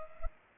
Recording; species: mosquito wingbeat signal from an infrared sensor; Culex pipiens